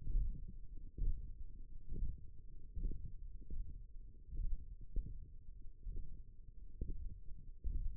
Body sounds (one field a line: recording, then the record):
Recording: forearm muscle sounds (acoustic myography)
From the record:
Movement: radial deviation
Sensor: system 1, eight BSWA MPA416 microphones around the upper forearm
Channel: 4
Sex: male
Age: 23 years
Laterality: right